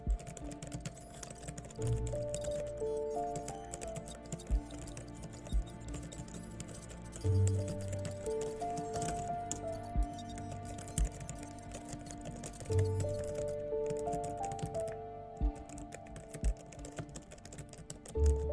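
Hacker room ambience: steady keyboard typing clicks run throughout over a low hum, with a few faint held tones drifting in the middle range. Deeper thuds land about every five seconds, near 2, 7.5, 13 and 18 seconds.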